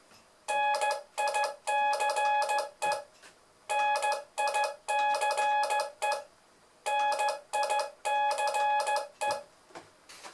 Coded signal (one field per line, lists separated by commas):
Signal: Morse code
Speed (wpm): 15 wpm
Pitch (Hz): 840 Hz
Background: none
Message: NICE NICE NICE